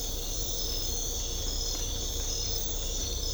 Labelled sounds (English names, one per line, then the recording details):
none
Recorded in secondary vegetation near Puerto Asís, Putumayo, Colombia, on 18 December 2024 at 04:00
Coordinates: 0.500, -76.326
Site G065